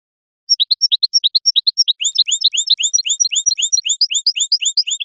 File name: audio burung goldfinch